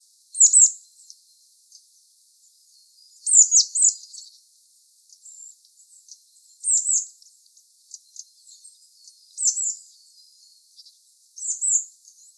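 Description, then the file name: Eurasian blue tit calls: short high thin chirps and trills in bursts about every three seconds, with faint scattered high notes between, otherwise quiet. "Cyanistes caeruleus"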